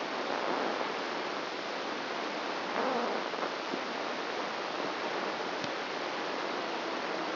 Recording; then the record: brain microelectrode recording played as sound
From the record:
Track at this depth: outside the subthalamic nucleus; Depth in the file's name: -0.51 mm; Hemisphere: right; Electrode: 2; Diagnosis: Parkinson's disease